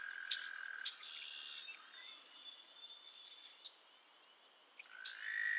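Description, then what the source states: Frog chorus: a sustained trill and buzzy notes at the start, a quieter stretch, then calls building again near the end. Chorus of frogs calling to one another on a summer evening at Miners Marsh, Annapolis Valley, Nova Scotia.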